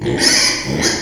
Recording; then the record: squeal of a Yucatan mini pig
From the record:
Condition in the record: before surgery on the right vocal fold (resection and tissue-engineered implant); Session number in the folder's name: 2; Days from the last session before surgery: 0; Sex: male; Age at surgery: 12 weeks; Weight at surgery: 13 kg